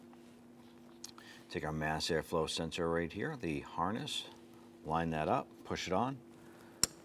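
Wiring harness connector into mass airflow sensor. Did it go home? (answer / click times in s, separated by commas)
yes / 6.8 s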